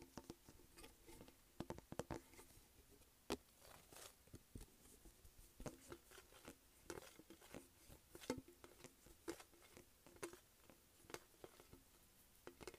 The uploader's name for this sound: Tapping and scratching makeup pallet